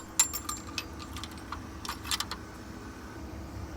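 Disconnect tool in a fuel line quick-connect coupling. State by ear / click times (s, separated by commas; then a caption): released / 0.2 s. On a Ford F150, the cone end of a plastic quick-connect disconnect tool is pushed into the fuel line coupling until its garter spring gives a sharp little click at 0.2 s, and the tool is then pushed inward so the fuel line releases and pulls apart. Fainter plastic ticks follow around 0.5 s, 0.8 s and 2.1–2.3 s over a steady low background hum.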